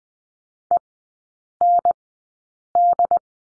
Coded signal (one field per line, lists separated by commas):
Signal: Morse code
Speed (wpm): 19 wpm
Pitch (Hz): 700 Hz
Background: none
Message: END